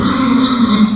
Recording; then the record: squeal of a Yucatan mini pig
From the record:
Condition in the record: after surgery on the right vocal fold (resection and tissue-engineered implant); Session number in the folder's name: 12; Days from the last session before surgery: 105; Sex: female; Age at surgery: 19 weeks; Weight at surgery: 25 kg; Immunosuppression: prednisolone